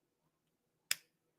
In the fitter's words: snaps right into place